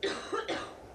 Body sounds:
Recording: coughing mixed with background sound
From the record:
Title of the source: female coughing - coughing sound effects girl

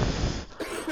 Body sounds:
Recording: coughing mixed with background sound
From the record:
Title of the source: 31 night wet cough

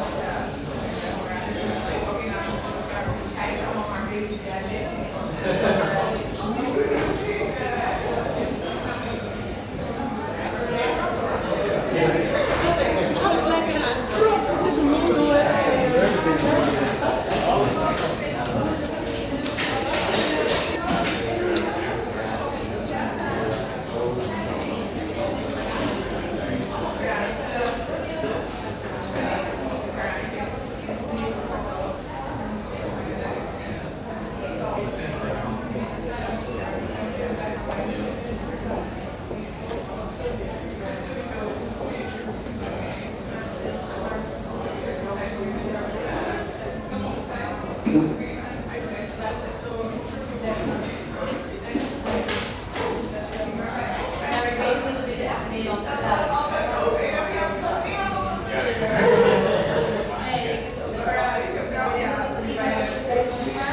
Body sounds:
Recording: background sound without coughing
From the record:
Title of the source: 40 min - Ambience sounds UNIVERSITY lunchroom chatting

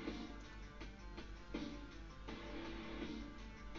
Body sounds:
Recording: background sound without coughing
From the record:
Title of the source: BackgroundMusic

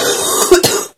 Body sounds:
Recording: coughing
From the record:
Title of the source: 30 Chesty and wet cough

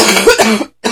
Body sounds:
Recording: coughing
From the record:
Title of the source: 61 morning phlegmy cough...again

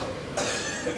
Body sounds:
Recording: coughing mixed with background sound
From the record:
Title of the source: Cough Around the Clock!

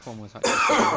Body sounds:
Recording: coughing mixed with background sound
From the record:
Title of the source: Spring Cold Coughing 2

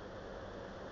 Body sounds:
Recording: background sound without coughing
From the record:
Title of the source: wind

